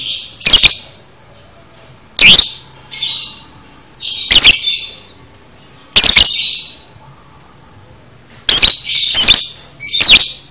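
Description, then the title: Lovebird calls: loud, harsh, high squeaky bursts repeated every second or two, with softer chattering between them. Lovebird chattering (konslet), used as masteran to train lovebirds. "Masteran Lovebird Konslet ! Ampuh !!"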